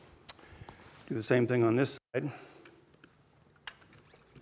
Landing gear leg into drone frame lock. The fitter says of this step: sure that locks into place now both of those landing gears are are real solid and then